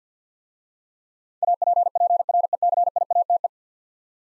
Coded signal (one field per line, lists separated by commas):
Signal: Morse code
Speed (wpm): 49 wpm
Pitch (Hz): 700 Hz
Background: none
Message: APPRECIATE